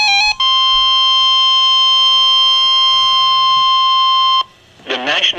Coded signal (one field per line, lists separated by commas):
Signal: Emergency Alert System (SAME) tones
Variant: 1050 Hz attention tone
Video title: Severe Thunderstorm Waring #6 (EAS #294)